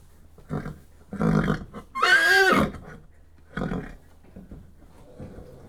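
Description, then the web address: Horse whickering: several soft, low, breathy bursts around one louder, tonal call that rises and falls, with quiet gaps between. Several horses whickering inside stables. "BBC Sound Effects Library. Horses whickering in stables"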